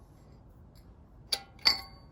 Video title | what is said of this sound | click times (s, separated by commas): ‘78 Power Wagon Dana 44 Rebuild: Teardown and Evaluation | you just heard that click right back into place it's now that Notch at the top is lined up with this notch | 1.3 s